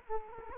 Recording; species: mosquito wingbeat signal from an infrared sensor; Culex quinquefasciatus